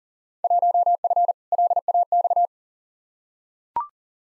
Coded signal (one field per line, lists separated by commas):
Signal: Morse code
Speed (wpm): 40 wpm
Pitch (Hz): 700 Hz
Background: none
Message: 1F LAX